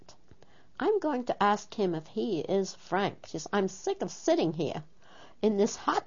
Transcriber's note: none